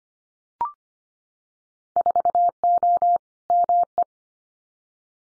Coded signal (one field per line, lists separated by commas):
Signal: Morse code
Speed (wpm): 25 wpm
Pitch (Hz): 700 Hz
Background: none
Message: 4O ME